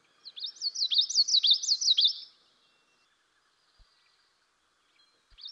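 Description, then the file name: Common yellowthroat song, a fast series of five or six repeated bouncy high phrases, then a pause of about three seconds before the song starts again. "dan gibsons solitudes common yellowthroat"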